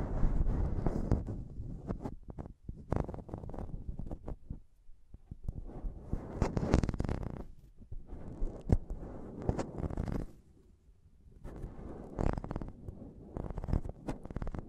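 Mic tapping and scratching: rough, rumbling scrapes come in bursts with sharp taps scattered through, some bright and crisp. The sound is dense and uneven, pausing briefly around five and eleven seconds before the scratching picks up again.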